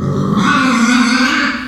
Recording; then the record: squeal of a Yucatan mini pig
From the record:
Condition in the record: after surgery on the right vocal fold (resection and tissue-engineered implant); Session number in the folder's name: 14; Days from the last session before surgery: 133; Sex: female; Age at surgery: 19 weeks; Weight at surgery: 25 kg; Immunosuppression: prednisolone